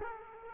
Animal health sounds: mosquito wingbeat signal from an infrared sensor; Culex quinquefasciatus

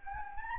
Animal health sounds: mosquito wingbeat signal from an infrared sensor; Anopheles gambiae

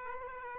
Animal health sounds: mosquito wingbeat signal from an infrared sensor; Aedes aegypti

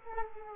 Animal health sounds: mosquito wingbeat signal from an infrared sensor; Culex quinquefasciatus

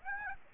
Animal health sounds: mosquito wingbeat signal from an infrared sensor; Aedes aegypti

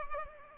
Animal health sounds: mosquito wingbeat signal from an infrared sensor; Culex pipiens

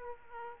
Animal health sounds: mosquito wingbeat signal from an infrared sensor; Aedes aegypti

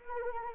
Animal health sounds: mosquito wingbeat signal from an infrared sensor; Anopheles arabiensis

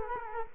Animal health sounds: mosquito wingbeat signal from an infrared sensor; Culex quinquefasciatus

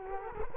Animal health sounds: mosquito wingbeat signal from an infrared sensor; Culex quinquefasciatus

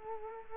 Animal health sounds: mosquito wingbeat signal from an infrared sensor; Culex quinquefasciatus

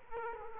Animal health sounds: mosquito wingbeat signal from an infrared sensor; Culex quinquefasciatus

